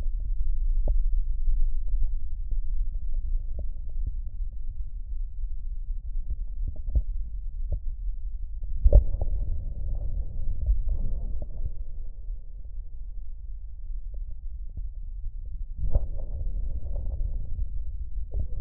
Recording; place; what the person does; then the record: lung sounds by stethoscope; right posterior basal chest; quiet breathing, then deep breathing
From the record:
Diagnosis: COPD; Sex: male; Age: 59 years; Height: 171 cm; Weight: 91.4 kg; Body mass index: 31.3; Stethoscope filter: extended mode